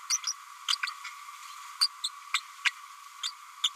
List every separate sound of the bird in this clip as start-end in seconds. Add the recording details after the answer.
0.10-0.18, 0.27-0.34, 0.68-0.76, 0.83-0.87, 1.81-1.87, 2.04-2.09, 2.33-2.41, 2.64-2.71, 3.23-3.31, 3.63-3.69. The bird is a female. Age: 31 days. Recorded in a nest box in Venezuela. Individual 17B102A5